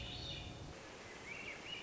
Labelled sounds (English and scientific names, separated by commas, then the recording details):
Swainson's Thrush (Catharus ustulatus)
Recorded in Sonoma County, California